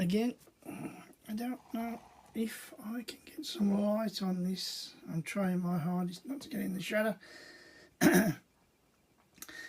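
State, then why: Partly seated. A plastic brick roof section on a building model is pressed down while someone talks, and a sharp click sounds at 9.4 s. The roof sits better than before but is still not seated firmly, and pushing harder knocks the brown bits or part of the roof off.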